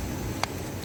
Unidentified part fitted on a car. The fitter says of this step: abone ol o o bu çıt diye bir ses geldi